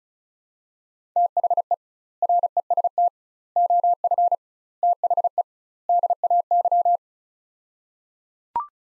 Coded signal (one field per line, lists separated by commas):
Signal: Morse code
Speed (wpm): 36 wpm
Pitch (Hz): 700 Hz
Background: none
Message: THE REST OF THE DAY